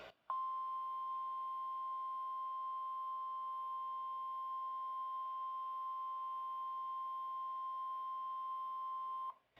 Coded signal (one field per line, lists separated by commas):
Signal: Emergency Alert System (SAME) tones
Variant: 1050 Hz attention tone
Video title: July 5th EAS Severe Thunderstorm Warnings In Wisconsin